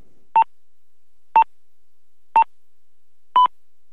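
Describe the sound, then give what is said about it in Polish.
Telephone speaking-clock time pips: four short, mid-pitched electronic beeps spaced one second apart, the final pip slightly higher and a touch longer, with silence between them and no voices. “Nie pamiętam, pamiętam do zegarynki 1:09.”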